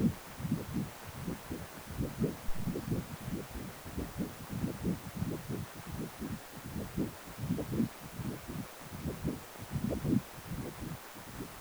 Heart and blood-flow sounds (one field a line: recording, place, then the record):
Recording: Doppler ultrasound of blood flow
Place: precordium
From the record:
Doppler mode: continuous wave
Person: healthy adult, 18 to 50 years, no heart murmur, not diving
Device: 2.5 MHz transducer